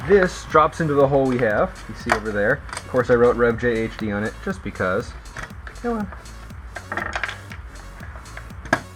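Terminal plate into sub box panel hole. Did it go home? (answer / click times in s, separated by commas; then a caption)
yes / 8.7 s. A speaker terminal plate is pushed into its cut-out hole in a wooden sub box panel while someone talks. After a few smaller knocks at 7.5 and 8.4 seconds, the plate snaps into place with a loud click at 8.7 seconds and is seated.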